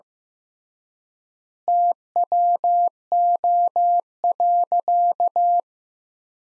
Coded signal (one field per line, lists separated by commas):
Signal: Morse code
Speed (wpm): 15 wpm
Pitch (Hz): 700 Hz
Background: none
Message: TWO.